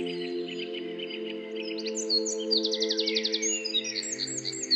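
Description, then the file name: Birds chirping in quick high twitters and a fast trill, set over steady low electronic tones held throughout. Bird chirping used as an alarm tone. "weckton vogelgezwitscher"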